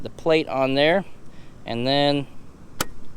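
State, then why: Seated. After a battery swap on a RICTOR S9 full-suspension electric scooter, the battery cover plate is slid back over the deck's battery bay and pushed until it snaps into place. Someone talks, then a single sharp, loud snap is heard at 2.8 s. The cover plate is seated.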